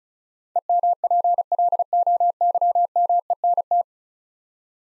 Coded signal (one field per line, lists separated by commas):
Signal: Morse code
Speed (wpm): 36 wpm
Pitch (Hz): 700 Hz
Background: none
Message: EMPLOYMENT